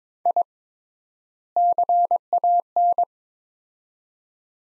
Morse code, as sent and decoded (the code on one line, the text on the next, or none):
.. / -.-. .- -.
I CAN